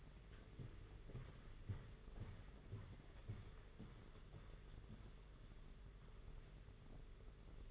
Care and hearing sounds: daily activity, microphone in the room; walk to room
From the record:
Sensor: 4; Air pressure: 991.9 hPa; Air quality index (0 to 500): 87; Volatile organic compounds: 7 ppm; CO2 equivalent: 1986 ppm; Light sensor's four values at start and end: 21/75/27/29 and 21/73/26/28

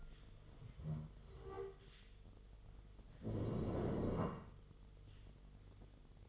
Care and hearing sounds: daily activity, microphone in the room; stand up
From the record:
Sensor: 4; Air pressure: 1006.2 hPa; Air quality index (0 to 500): 98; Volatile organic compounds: 2 ppm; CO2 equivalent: 1228 ppm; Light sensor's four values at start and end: 12/28/11/10 and 12/28/11/10

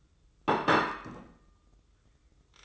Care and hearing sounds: daily activity, microphone in the room; place plate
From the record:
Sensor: 3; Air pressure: 995.2 hPa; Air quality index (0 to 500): 75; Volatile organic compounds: 5 ppm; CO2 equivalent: 1764 ppm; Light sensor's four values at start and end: 15/44/19/15 and 15/44/19/15

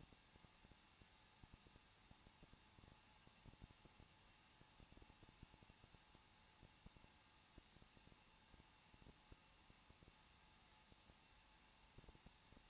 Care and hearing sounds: daily activity, microphone in the room; no activity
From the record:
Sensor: 1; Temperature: 20.1 degrees Celsius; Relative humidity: 39.1%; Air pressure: 1006.5 hPa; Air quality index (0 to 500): 216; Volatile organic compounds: 74 ppm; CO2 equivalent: 3551 ppm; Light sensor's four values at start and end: 1/2/1/1 and 1/2/1/1

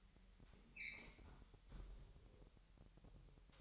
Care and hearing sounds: daily activity, microphone in the room; close fridge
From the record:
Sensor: 3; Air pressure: 1001.9 hPa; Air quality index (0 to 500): 241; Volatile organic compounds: 46 ppm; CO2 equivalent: 3235 ppm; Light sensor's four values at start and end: 12/37/16/13 and 12/37/16/13

